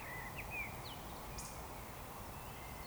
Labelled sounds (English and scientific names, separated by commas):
Eurasian Woodcock (Scolopax rusticola) whistle